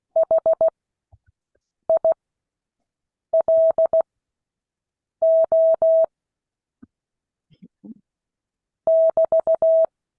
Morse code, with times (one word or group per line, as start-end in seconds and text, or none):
0.2-6.0 HILO
8.9-9.8 <BT>